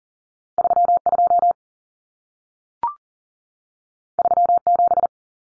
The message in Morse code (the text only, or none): 32 37